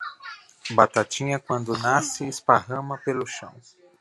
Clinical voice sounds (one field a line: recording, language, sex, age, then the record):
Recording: short text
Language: Brazilian Portuguese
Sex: male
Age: 40 to 49 years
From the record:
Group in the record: control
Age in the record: 41 years